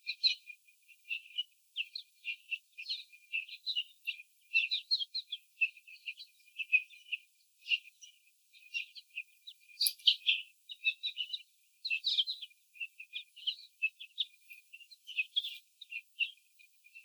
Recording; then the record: young laying hens in a cage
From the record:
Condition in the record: before the stressor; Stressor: sudden umbrella opening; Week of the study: 3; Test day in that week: 2